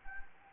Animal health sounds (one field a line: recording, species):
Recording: mosquito wingbeat signal from an infrared sensor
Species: Anopheles gambiae